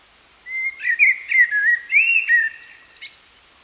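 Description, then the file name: Common blackbird song, one flowing run of low, liquid whistles rising and falling, finished by a short scratchy high-pitched chatter. "Turdus merula"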